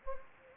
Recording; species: mosquito wingbeat signal from an infrared sensor; Anopheles gambiae